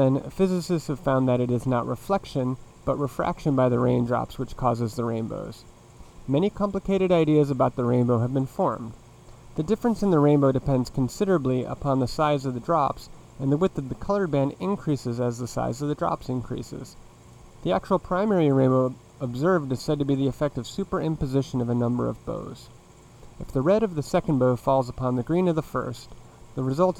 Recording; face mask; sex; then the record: reading aloud; none; male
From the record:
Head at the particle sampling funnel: facing it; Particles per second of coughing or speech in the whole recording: 2.32